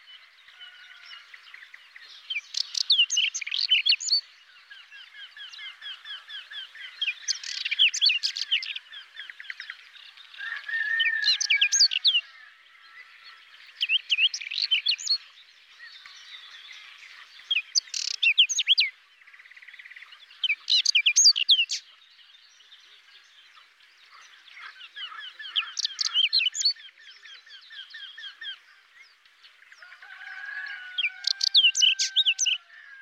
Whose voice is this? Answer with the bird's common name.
Whinchat